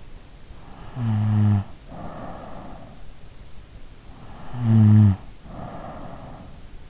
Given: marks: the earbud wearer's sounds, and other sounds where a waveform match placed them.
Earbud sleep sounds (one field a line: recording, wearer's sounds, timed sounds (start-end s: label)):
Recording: sounds in sleep by an in-ear microphone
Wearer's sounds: snoring breath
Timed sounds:
0.31-3.90 s: snoring breath
4.13-6.90 s: snoring breath